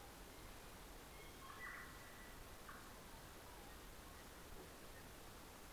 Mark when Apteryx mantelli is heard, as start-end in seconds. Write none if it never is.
none